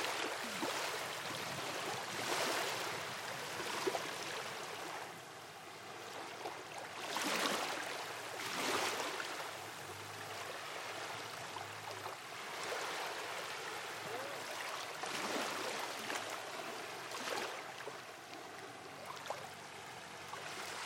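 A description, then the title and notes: Waves wash onto a beach in repeated hissing surges every few seconds, with strong bursts near 2, 7, 9, 15 and 17 seconds. Waves recordings from Batu Ferringhi beach, Penang. Recorded by Marcel Gnauk.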